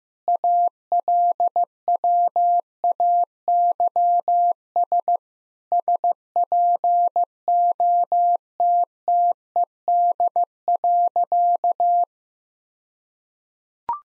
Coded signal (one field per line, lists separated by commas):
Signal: Morse code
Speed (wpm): 15 wpm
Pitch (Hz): 700 Hz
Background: none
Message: ALWAYS SPOTTED.